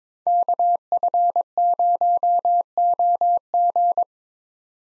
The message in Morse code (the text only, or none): KF0OG